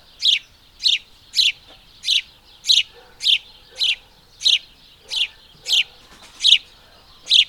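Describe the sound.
House sparrow giving repeated sharp chirps, each a short bright note, evenly spaced throughout.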